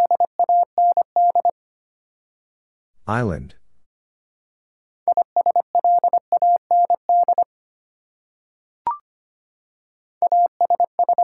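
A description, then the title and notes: Steady mid-pitched Morse beeps in three keyed bursts of dots and dashes, broken by a brief rising whoosh near three seconds and a sharp click. Six Letter Words - 25wpm. First, the word is sent in Morse code. Finally, it is sent again in More code.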